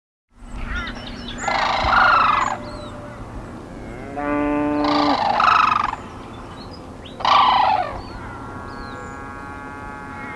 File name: sarus crane